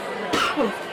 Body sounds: coughing mixed with background sound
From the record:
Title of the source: 64 coughing, allergies, singing lungs

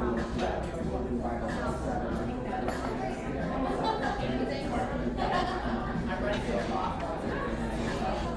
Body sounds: background sound without coughing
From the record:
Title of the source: 60 minutes of coffee shop sounds for study and concentration

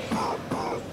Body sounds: coughing mixed with background sound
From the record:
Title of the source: Coughing 77

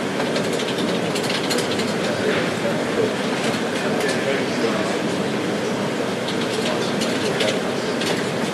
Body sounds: background sound without coughing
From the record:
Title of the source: Office Sounds Ambience - Background Noise for Study and Work

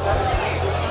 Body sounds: background sound without coughing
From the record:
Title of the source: CITY SOUNDS Busy Bar in the Evening Night - 2 HOURS of Ambiance for Relaxation

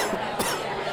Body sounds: coughing mixed with background sound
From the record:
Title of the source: Coughing 79

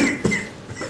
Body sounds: coughing mixed with background sound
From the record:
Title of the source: Mid-morning Winter Coughing Fit

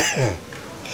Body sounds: coughing mixed with background sound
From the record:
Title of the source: Dry Afternoon Cough

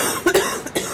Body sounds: coughing mixed with background sound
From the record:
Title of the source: 30 Chesty and wet cough

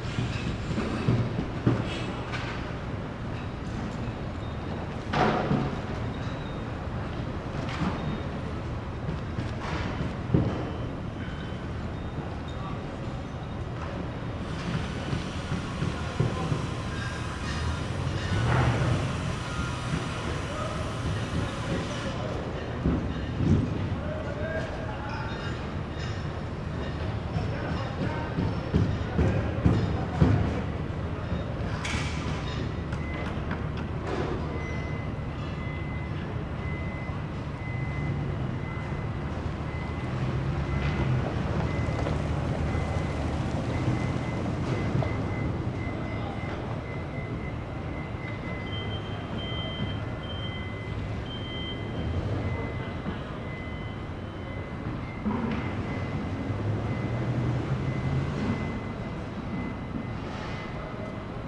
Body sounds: background sound without coughing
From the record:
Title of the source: 30 MINUTES Construction Site Ambience (CC BY 4.0)

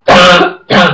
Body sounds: coughing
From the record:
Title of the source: Barking cough - # 10

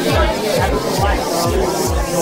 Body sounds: background sound without coughing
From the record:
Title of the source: Nightlife Party Simulating Party Club Noise 1 Hour

